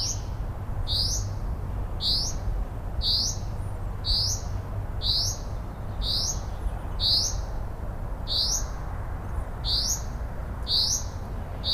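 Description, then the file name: Common Chaffinch repeating a clipped, rising whistle about once per second, monotonous and regular, with steady low-frequency noise beneath. "Fringilla coelebs"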